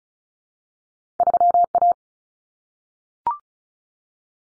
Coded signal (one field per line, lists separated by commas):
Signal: Morse code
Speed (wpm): 34 wpm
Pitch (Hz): 700 Hz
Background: none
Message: 3A